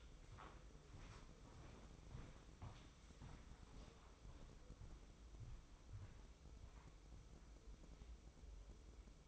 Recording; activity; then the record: daily activity, microphone in the room; walk to room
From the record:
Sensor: 1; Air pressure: 995.5 hPa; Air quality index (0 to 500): 37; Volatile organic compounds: 1 ppm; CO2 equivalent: 635 ppm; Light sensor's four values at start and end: 29/101/39/41 and 30/104/40/41